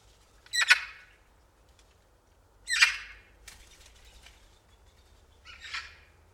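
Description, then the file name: Eurasian magpie with three hoarse, rattling calls a few seconds apart, the last one softer. "Pica pica"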